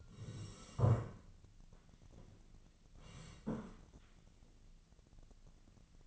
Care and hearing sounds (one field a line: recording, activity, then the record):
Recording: daily activity, microphone in the room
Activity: sit down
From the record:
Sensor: 4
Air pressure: 1013.1 hPa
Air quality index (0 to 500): 170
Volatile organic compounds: 2 ppm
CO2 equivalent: 1081 ppm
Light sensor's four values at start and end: 52/129/55/58 and 52/129/55/58